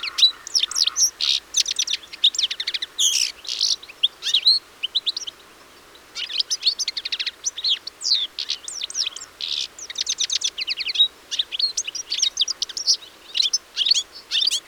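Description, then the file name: European Goldfinch in long, lively twittering of fast tinkling chirps and down-slurred notes, nearly continuous with one short pause midway. "Carduelis carduelis"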